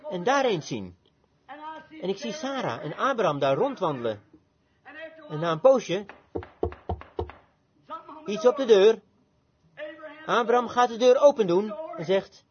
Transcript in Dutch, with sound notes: en daar eens zien. En ik zie Sara en Abraham daar rondwandelen en na een poosje... [Broeder Branham klopt – Vert] iets op de deur. Abraham gaat de deur opendoen en zegt: